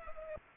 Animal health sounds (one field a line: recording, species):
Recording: mosquito wingbeat signal from an infrared sensor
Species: Culex pipiens